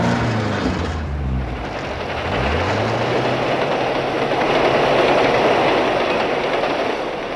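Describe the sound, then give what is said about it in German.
A train roars past in a loud, steady wash of rumbling noise, with low droning tones sliding downward in pitch during the first few seconds. No voices are heard. “Und der Zug brauste vorbei.”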